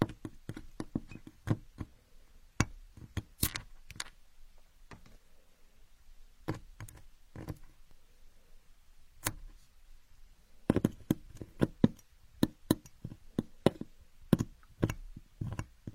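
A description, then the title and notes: Building blocks clack and knock together in irregular bursts of sharp, woody taps. Clusters of quick hits open the stretch, thin out through the middle with longer pauses, then pick up again densely after about eleven seconds. A faint low hum sits underneath. Asmr, playing with building blocks.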